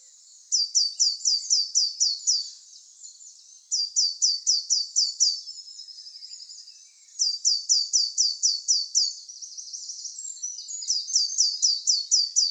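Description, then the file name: Eurasian blue tit calling in high, thin downslurred notes, about four per second, in bursts of seven or eight separated by quieter pauses. "Cyanistes caeruleus"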